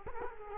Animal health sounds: mosquito wingbeat signal from an infrared sensor; Culex quinquefasciatus

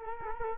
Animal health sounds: mosquito wingbeat signal from an infrared sensor; Culex quinquefasciatus

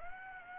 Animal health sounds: mosquito wingbeat signal from an infrared sensor; Aedes aegypti

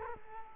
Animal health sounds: mosquito wingbeat signal from an infrared sensor; Culex quinquefasciatus

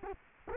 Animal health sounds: mosquito wingbeat signal from an infrared sensor; Culex quinquefasciatus

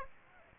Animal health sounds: mosquito wingbeat signal from an infrared sensor; Aedes aegypti

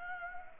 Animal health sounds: mosquito wingbeat signal from an infrared sensor; Anopheles gambiae

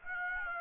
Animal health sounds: mosquito wingbeat signal from an infrared sensor; Aedes aegypti

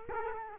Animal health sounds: mosquito wingbeat signal from an infrared sensor; Culex quinquefasciatus

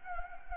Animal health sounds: mosquito wingbeat signal from an infrared sensor; Anopheles gambiae

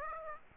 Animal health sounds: mosquito wingbeat signal from an infrared sensor; Aedes aegypti

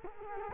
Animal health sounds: mosquito wingbeat signal from an infrared sensor; Culex quinquefasciatus

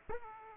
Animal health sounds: mosquito wingbeat signal from an infrared sensor; Aedes aegypti

